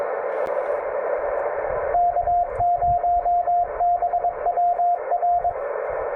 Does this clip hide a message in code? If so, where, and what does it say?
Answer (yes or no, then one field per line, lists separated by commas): yes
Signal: Morse code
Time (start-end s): 1.9-5.5 s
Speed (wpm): 22 wpm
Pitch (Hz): 700 Hz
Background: radio noise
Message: K0BWR